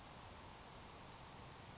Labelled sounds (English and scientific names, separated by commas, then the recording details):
Grasshopper Sparrow (Ammodramus savannarum)
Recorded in Sonoma County, California